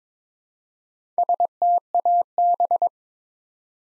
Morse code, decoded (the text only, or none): STAB